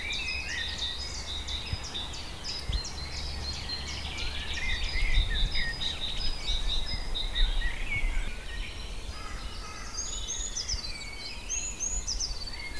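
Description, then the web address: Birds sing together in a dense twittering chorus of rapid high chirps and whistled phrases, with a continuous low rumble underneath. Birds in Auquainville, France, 2001. "Holiday 2001 in France Auquainville - more birds"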